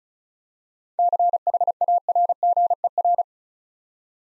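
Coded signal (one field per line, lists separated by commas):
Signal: Morse code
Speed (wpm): 36 wpm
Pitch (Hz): 700 Hz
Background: none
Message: CHARGER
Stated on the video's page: Practice set of easy words at 35 wpm, with context hints.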